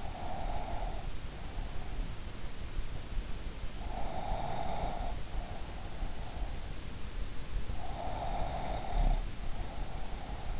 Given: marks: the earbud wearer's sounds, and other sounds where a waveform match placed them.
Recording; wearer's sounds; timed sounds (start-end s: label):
sounds in sleep by an in-ear microphone; breath, snoring breath
0.00-2.01 s: breath
3.78-5.59 s: snoring breath
7.77-10.60 s: snoring breath